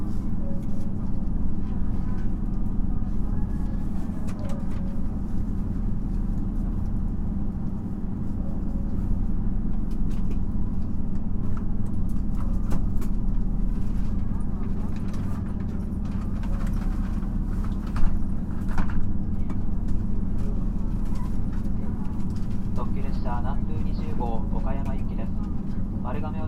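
A 2700 series diesel railcar running, with a steady, heavy low rumble and engine drone that holds an even level throughout. Frequent rattles and clicks from the wheels sound over it, plus a faint whine. Short chirping squeals appear near the end.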